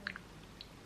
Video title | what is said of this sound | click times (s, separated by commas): UNBOXING THE NINTENDO SWITCH LITE | games redeemed some codes and energy in here is a very satisfying click | 0.1 s